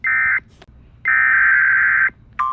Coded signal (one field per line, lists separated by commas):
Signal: Emergency Alert System (SAME) tones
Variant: header bursts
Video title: Not so slight EAS alerts from December 17 and 18. (EAS# 608 618)